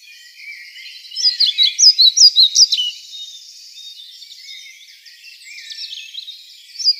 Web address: Schulze Peter European Pied Flycatcher song